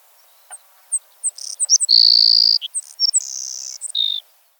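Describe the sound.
Savannah sparrow song: a few thin, high introductory chips, then sibilant buzzy trills, the longest a steady hiss, ending on a lower buzz.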